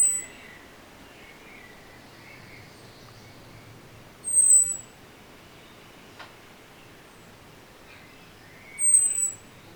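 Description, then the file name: Common blackbird calls: three very high, thin, drawn-out whistles spaced about four seconds apart over a steady background hiss, with faint lower warbling. "Turdus merula"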